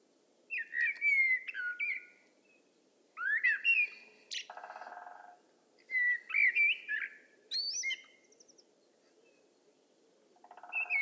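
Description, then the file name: Common blackbird song: mellow fluted whistled phrases, each closing with a scratchy twittering flourish, delivered in separate bursts with short silent gaps between. "Turdus merula"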